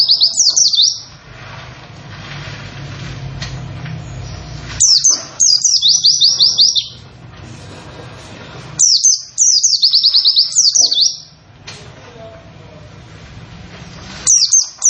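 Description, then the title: White-eye song: four bursts of quick, high, repeated 'wit' notes, a few seconds apart, with a low hum in the pauses. Long 'wit wit wit' song delivered in the 'nembak' style; the bird is described as 'gacor', actively singing. "Pleci nembak wit wit wit panjang"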